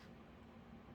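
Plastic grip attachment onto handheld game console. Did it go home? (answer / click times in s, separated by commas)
no / none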